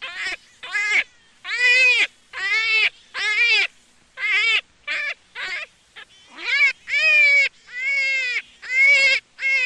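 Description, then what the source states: Jackrabbit squealing repeatedly: wavering, harmonic cries of varying length, some short and clipped, delivered about once a second in an irregular run. Juvenile.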